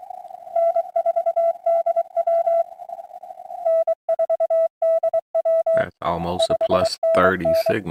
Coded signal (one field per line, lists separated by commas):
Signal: Morse code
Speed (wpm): 23 wpm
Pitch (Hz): 660 Hz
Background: speech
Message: N4DW N4DW 5NN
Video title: Sunday Morning Pota Hunt 4-12-2026